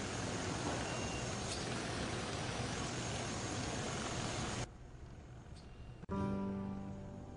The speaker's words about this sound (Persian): ماشین های مشکی تشییع جنازه به طرف گورستان میرند.